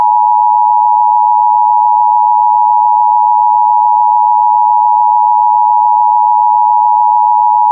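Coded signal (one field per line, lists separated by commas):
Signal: Emergency Alert System (SAME) tones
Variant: 853 and 960 Hz attention tone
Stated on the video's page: Fictional EAS scenario, audio generated with Audacity alongside text-to-speech voices.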